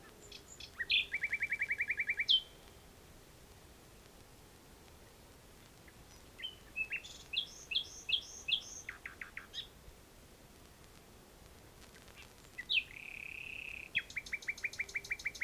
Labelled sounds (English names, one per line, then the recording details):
Common Nightingale song
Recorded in the wild
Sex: male
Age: adult
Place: Bielefeld-Jöllenbeck, Nordrhein-Westfalen, DE
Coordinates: 52.1, 8.51667
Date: 1968
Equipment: Uher 4000 Report-S, Bändchenmikro Beyer M 260, Parabolspiegel Polyester (470 mm)
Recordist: Conrads, Klaus